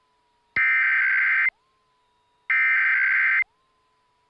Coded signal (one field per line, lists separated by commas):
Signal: Emergency Alert System (SAME) tones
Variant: header bursts